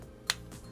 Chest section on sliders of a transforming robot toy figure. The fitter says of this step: so you move it all the way up until it clicks